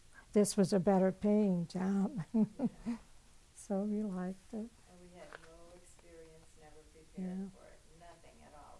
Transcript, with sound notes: this was a better paying job. [Laughs] So, we liked it.
And we had no experience, never prepared for it.
Yeah.
Nothing at all.